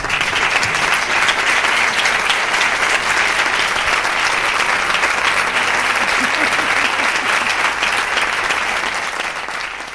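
Sustained audience applause for the festival organizing team at a festival, a dense, steady wash of many hands clapping at full loudness for nearly ten seconds, easing slightly at the very end, with no voices standing out.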